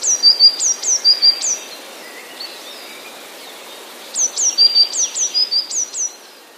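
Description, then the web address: Eurasian blue tit singing two phrases of high, quickly dropping notes with short trills, separated by a gap of a few seconds with faint background twittering. "wroblowe teka spiew modraszkoteka"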